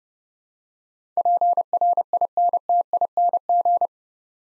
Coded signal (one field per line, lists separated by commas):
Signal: Morse code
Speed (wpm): 30 wpm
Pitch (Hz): 700 Hz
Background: none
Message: PRINTING